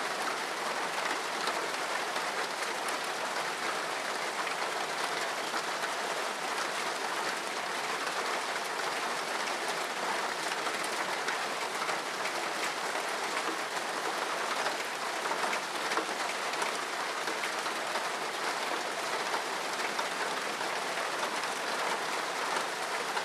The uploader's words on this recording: Rain Sound for Sleep - Relaxing Sound of Rain, Heavy Rain for Sleeping.